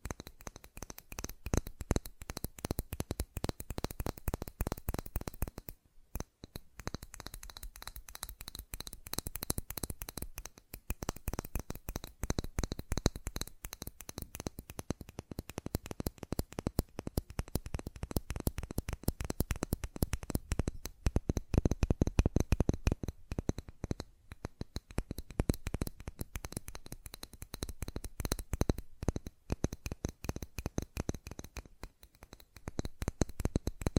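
Fast tapping goes on almost without pause, dense trains of sharp clicks crowding together like shuffled cards. The rhythm stays quick throughout, with brief gaps near 6, 10 and 24 seconds, and the bursts swell louder in stretches around 20 seconds.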